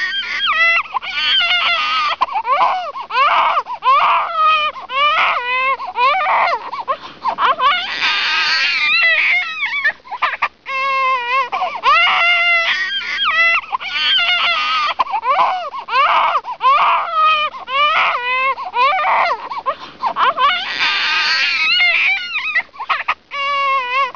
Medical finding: Baby Crying.